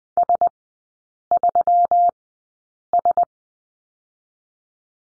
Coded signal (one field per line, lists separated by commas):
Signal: Morse code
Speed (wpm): 19 wpm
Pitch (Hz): 700 Hz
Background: none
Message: S3S